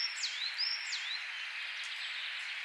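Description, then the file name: Common chaffinch giving two high calls, each dropping steeply then sliding back up, against steady broad hiss. "Fringilla coelebs"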